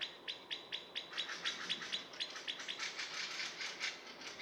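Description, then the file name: Common blackbird producing evenly spaced, metallic clicking notes, about four a second, growing denser toward the end. "Turdus merula"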